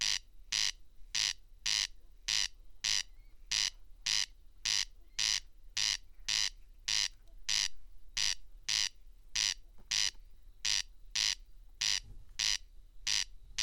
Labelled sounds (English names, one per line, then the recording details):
Corn Crake song
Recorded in the wild
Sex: male
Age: adult
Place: Schwedt/Oder, Nationalpark Unteres Odertal, Brandenburg, DE
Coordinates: 53.0362, 14.2918
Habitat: meadow
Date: 2020-07-08 00:58
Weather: 10°C, 90% humidity, almost windless
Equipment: Edirol R44, Microtech Gefell MK 250/MV220
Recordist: Frommolt, Karl-Heinz